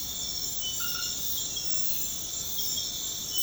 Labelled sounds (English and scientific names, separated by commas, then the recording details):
none
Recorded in secondary vegetation near Puerto Asís, Putumayo, Colombia, on 21 February 2024 at 01:30
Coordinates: 0.472, -76.331
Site G6371